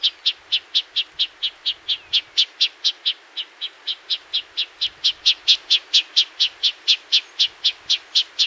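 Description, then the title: Black-crested warbler calls: short, sharp high notes repeated rapidly and steadily throughout. "Myiothlypis Nigrocristata"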